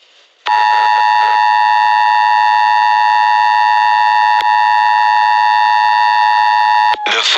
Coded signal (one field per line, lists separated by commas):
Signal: Emergency Alert System (SAME) tones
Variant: 853 and 960 Hz attention tone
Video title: EAS Mock 1: Mushroom Kingdom Amber Alert EAS